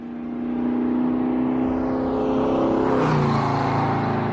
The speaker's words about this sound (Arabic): المطر لم يتوقف. تجاوزت السيارة شاحنة غطيت حمولتها بإحكام ثم ابتعدت سريعا.